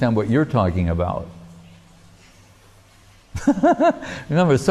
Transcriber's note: laughing